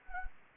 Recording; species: mosquito wingbeat signal from an infrared sensor; Anopheles gambiae